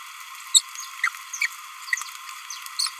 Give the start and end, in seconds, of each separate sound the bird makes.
0.54-0.61, 1.04-1.08, 1.42-1.46, 2.79-2.88